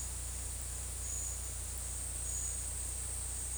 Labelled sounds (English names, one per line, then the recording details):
none
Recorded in secondary vegetation near Puerto Asís, Putumayo, Colombia, on 20 December 2024 at 12:30
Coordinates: 0.481, -76.318
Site G042